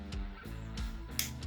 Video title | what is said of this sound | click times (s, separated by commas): Patriot Prime Reviews Transformers Legacy Evolution Maximal Leo Prime (Lio Convoy) | fold those parts of the main back in and they snap right over the shoulders | 1.2 s